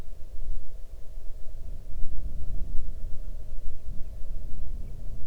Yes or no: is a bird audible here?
yes